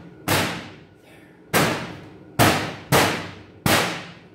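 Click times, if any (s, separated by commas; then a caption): none. A thin sheet-metal panel for a Kobalt metal cabinet is struck by hand, with no rubber mallet, to pop it into the cabinet frame. Five sharp, bright hits land at about 0.3, 1.5, 2.4, 2.9 and 3.7 seconds, each ringing out and fading. Nothing has seated or clicked into place yet.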